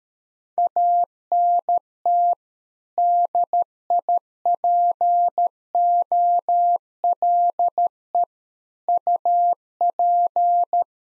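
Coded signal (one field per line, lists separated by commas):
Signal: Morse code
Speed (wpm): 13 wpm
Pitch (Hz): 700 Hz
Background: none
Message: ANT DIPOLE UP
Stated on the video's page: Practice QSO drill at 13 wpm covering rig, antenna and weather information exchange, for head-copying.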